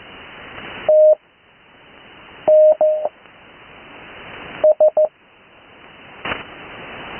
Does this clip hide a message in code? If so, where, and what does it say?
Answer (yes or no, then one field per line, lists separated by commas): yes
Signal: Morse code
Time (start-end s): 0.9-5.1 s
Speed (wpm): 14 wpm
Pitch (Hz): 620 Hz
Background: none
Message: T N S